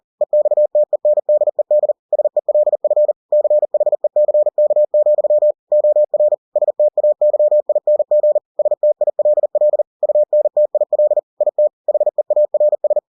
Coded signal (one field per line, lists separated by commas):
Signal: Morse code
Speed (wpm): 40 wpm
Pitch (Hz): 600 Hz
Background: none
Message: EXTENDED SELF CHECK, OR STAYING STILL UNTIL IT HEARS